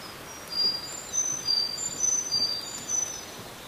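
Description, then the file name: Sakhalin leaf warbler singing, high, thin sibilant notes repeated several times without pause. "ezomushi"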